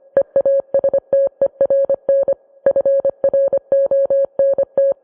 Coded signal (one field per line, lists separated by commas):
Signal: Morse code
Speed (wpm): 25 wpm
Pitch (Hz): 550 Hz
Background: music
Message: EASTERN FRONT